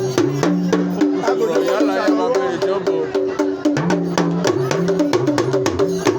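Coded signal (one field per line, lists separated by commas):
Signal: talking drum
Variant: Yoruba dùndún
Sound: rapid drum strokes with low tones gliding up and down, speech-like phrasing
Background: other percussion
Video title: Fîfi Ìlù ki Oríkî îdílé ni èdè Yorùbá (Homage by talking drum in Yorùbá language)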